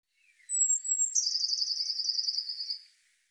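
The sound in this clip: Eurasian blue tit calling: a thin, high, slightly falling whistle, then a fast, buzzy trill that drifts gently lower for about two seconds before fading.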